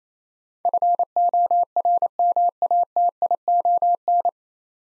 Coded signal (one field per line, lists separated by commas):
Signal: Morse code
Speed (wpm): 28 wpm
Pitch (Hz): 700 Hz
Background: none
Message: FORMATION